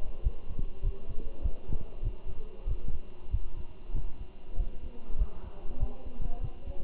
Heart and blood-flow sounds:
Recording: heart sounds by stethoscope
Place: between the tricuspid and mitral areas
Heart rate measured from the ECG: 97 bpm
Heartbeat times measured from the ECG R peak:
0.24 s: heartbeat
0.84 s: heartbeat
1.43 s: heartbeat
2.03 s: heartbeat
2.68 s: heartbeat
3.31 s: heartbeat
3.95 s: heartbeat
4.57 s: heartbeat
5.19 s: heartbeat
5.80 s: heartbeat
6.42 s: heartbeat
From the record:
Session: walking at 3.7 km/h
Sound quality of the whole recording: good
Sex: male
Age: 23 years

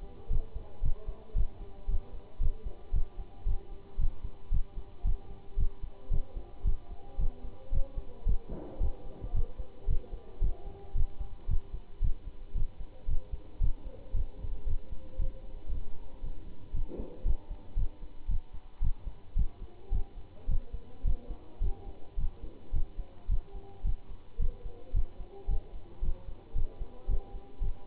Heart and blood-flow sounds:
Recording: heart sounds by stethoscope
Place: between the tricuspid and mitral areas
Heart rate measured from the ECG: 112 bpm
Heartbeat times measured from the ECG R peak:
0.31 s: heartbeat
0.84 s: heartbeat
1.36 s: heartbeat
1.89 s: heartbeat
2.41 s: heartbeat
2.94 s: heartbeat
3.47 s: heartbeat
4.00 s: heartbeat
4.52 s: heartbeat
5.06 s: heartbeat
5.59 s: heartbeat
6.12 s: heartbeat
6.66 s: heartbeat
7.20 s: heartbeat
7.73 s: heartbeat
8.27 s: heartbeat
8.81 s: heartbeat
9.35 s: heartbeat
9.89 s: heartbeat
10.42 s: heartbeat
10.96 s: heartbeat
11.49 s: heartbeat
12.02 s: heartbeat
12.56 s: heartbeat
13.09 s: heartbeat
13.62 s: heartbeat
14.15 s: heartbeat
14.67 s: heartbeat
15.20 s: heartbeat
15.72 s: heartbeat
16.24 s: heartbeat
16.75 s: heartbeat
17.26 s: heartbeat
17.77 s: heartbeat
18.29 s: heartbeat
18.82 s: heartbeat
19.37 s: heartbeat
19.93 s: heartbeat
20.49 s: heartbeat
21.06 s: heartbeat
21.62 s: heartbeat
22.19 s: heartbeat
22.74 s: heartbeat
23.30 s: heartbeat
23.85 s: heartbeat
24.40 s: heartbeat
24.95 s: heartbeat
25.49 s: heartbeat
26.03 s: heartbeat
26.56 s: heartbeat
27.09 s: heartbeat
27.62 s: heartbeat
From the record:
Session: Bruce protocol treadmill stress test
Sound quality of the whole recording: good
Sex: male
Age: 25 years

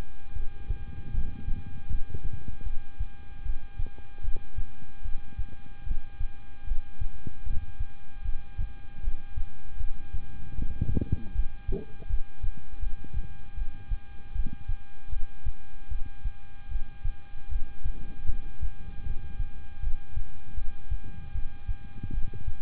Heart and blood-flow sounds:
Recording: heart sounds by stethoscope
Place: between the tricuspid and mitral areas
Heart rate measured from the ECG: 77 bpm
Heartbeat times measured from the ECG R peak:
0.33 s: heartbeat
1.11 s: heartbeat
1.88 s: heartbeat
2.63 s: heartbeat
3.43 s: heartbeat
4.21 s: heartbeat
5.02 s: heartbeat
5.84 s: heartbeat
6.65 s: heartbeat
7.43 s: heartbeat
8.22 s: heartbeat
9.01 s: heartbeat
9.77 s: heartbeat
10.55 s: heartbeat
11.32 s: heartbeat
12.07 s: heartbeat
12.80 s: heartbeat
13.55 s: heartbeat
14.33 s: heartbeat
15.10 s: heartbeat
15.88 s: heartbeat
16.69 s: heartbeat
17.49 s: heartbeat
18.26 s: heartbeat
19.03 s: heartbeat
19.80 s: heartbeat
20.55 s: heartbeat
21.32 s: heartbeat
22.11 s: heartbeat
From the record:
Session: rest, lying down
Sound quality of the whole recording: good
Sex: male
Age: 26 years

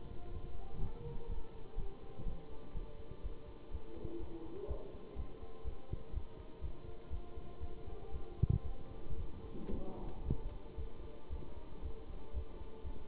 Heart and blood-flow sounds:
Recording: heart sounds by stethoscope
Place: between the tricuspid and mitral areas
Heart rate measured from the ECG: 120 bpm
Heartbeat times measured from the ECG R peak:
0.31 s: heartbeat
0.79 s: heartbeat
1.28 s: heartbeat
1.76 s: heartbeat
2.24 s: heartbeat
2.73 s: heartbeat
3.22 s: heartbeat
3.70 s: heartbeat
4.18 s: heartbeat
4.67 s: heartbeat
5.15 s: heartbeat
5.64 s: heartbeat
6.12 s: heartbeat
6.61 s: heartbeat
7.09 s: heartbeat
7.60 s: heartbeat
8.11 s: heartbeat
8.63 s: heartbeat
9.16 s: heartbeat
9.70 s: heartbeat
10.24 s: heartbeat
10.76 s: heartbeat
11.29 s: heartbeat
11.81 s: heartbeat
12.33 s: heartbeat
12.83 s: heartbeat
From the record:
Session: Bruce protocol treadmill stress test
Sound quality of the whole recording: good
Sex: male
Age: 23 years

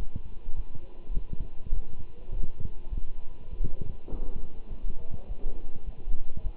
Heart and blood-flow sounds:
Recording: heart sounds by stethoscope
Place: between the tricuspid and mitral areas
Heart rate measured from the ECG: 102 bpm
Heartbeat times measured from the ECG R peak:
0.56 s: heartbeat
1.14 s: heartbeat
1.73 s: heartbeat
2.31 s: heartbeat
2.90 s: heartbeat
3.50 s: heartbeat
4.11 s: heartbeat
4.69 s: heartbeat
5.28 s: heartbeat
5.86 s: heartbeat
6.43 s: heartbeat
From the record:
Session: walking at 3.7 km/h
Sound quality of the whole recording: good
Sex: male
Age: 24 years

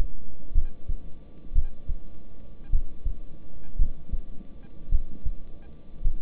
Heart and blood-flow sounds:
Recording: heart sounds by stethoscope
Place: between the tricuspid and mitral areas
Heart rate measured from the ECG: 55 bpm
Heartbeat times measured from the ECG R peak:
0.53 s: heartbeat
1.53 s: heartbeat
2.70 s: heartbeat
3.76 s: heartbeat
4.89 s: heartbeat
6.02 s: heartbeat
From the record:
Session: rest, lying down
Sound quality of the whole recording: good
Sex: male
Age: 26 years

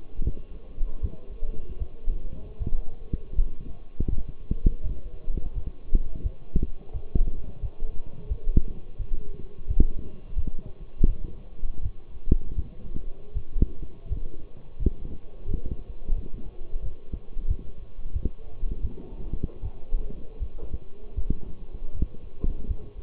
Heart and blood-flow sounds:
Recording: heart sounds by stethoscope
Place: between the tricuspid and mitral areas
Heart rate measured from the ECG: 83 bpm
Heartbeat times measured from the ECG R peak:
0.23 s: heartbeat
1.01 s: heartbeat
1.78 s: heartbeat
2.58 s: heartbeat
3.35 s: heartbeat
4.09 s: heartbeat
4.82 s: heartbeat
5.54 s: heartbeat
6.23 s: heartbeat
6.92 s: heartbeat
7.61 s: heartbeat
8.29 s: heartbeat
8.98 s: heartbeat
9.67 s: heartbeat
10.35 s: heartbeat
11.06 s: heartbeat
11.81 s: heartbeat
12.55 s: heartbeat
13.33 s: heartbeat
14.08 s: heartbeat
14.78 s: heartbeat
15.47 s: heartbeat
16.14 s: heartbeat
16.82 s: heartbeat
17.47 s: heartbeat
18.13 s: heartbeat
18.81 s: heartbeat
19.61 s: heartbeat
20.39 s: heartbeat
21.15 s: heartbeat
21.93 s: heartbeat
22.67 s: heartbeat
From the record:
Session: walking at 3.7 km/h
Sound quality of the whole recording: partially saturated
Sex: male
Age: 24 years

